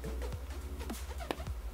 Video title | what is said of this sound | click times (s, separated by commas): THE MARC JACOBS SNAPSHOT CROSSBODY 🤍SURPRISE UNBOXING HOUSE OF SILLAGE | and you hear a click i'm not sure if you can hear that this is how you will | 1.3 s